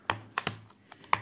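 A hinged lid on a plastic storage box compartment is pressed closed after a struggle against a slightly deformed box edge. Sharp plastic taps come at 0.1, 0.4 and 0.5 s, and fainter ticks follow around 0.9 and 1.0 s. The lid clicks shut with a loud, crisp snap at 1.1 s and is seated.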